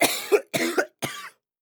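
Three short coughs from an adult male, in quick succession.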